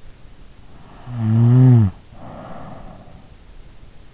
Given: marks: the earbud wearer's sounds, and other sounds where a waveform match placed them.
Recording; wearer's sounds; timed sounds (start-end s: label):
sounds in sleep by an in-ear microphone; snoring breath
0.69-3.58 s: snoring breath